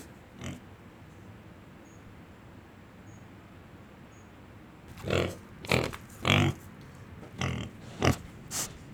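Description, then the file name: Domestic pig breathing in short huffing bursts, one early, then several after a long quiet gap; a faint high cricket chirp sounds in the background. Several pigs breathing, with a cricket far away. "Porcos respiracao com grilo longe"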